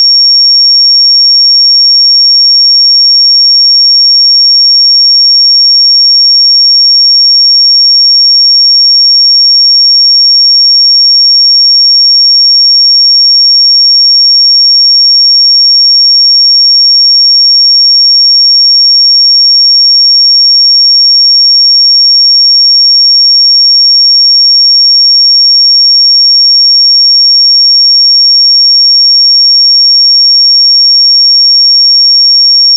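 A pure 5530 Hz sine tone holds perfectly steady and bright for the whole clip, unbroken, with silence beneath it and no other sounds.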